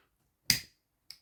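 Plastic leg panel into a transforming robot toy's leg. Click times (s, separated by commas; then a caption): 0.5 s. During transformation of a Transformers One Changer Alpha Trion robot toy, a purple plastic leg panel is untabbed and brought down until it snaps shut and locks into place on the leg. A sharp, bright plastic click at 0.5 s marks the panel seating, followed by a quieter short tick at 1.1 s.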